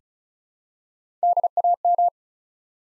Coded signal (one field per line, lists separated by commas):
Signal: Morse code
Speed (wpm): 36 wpm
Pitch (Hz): 700 Hz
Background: none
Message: DAM